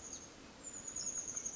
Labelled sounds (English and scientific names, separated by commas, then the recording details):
Chestnut-backed Chickadee (Poecile rufescens)
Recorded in Sonoma County, California